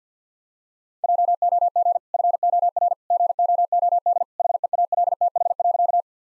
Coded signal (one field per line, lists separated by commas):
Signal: Morse code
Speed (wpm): 50 wpm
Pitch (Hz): 700 Hz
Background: none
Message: JOG FOR GOOD HEALTH.